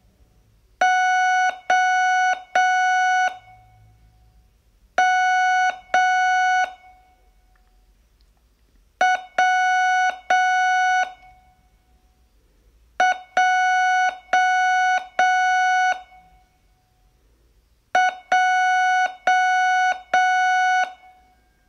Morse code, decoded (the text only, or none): O M W J J